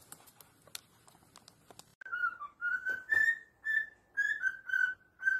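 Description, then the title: Cockatiel whistling: after two seconds of faint clicks and rustles, a run of clear tonal notes follows in short repeated phrases. Several cockatiels singing a whistled song. "Calopsitas Cantando Assobio"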